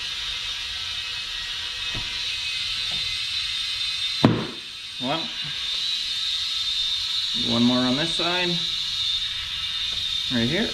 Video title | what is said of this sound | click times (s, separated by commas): A tool every homestead or farm needs? | you hear it pop twice one | 4.2 s